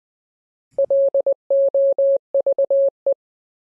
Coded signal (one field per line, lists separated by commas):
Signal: Morse code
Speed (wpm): 20 wpm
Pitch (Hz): 550 Hz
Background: none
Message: LOVE